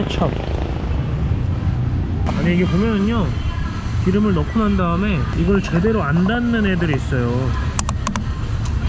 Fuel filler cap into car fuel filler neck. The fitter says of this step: you're supposed to keep going until it clicks like this—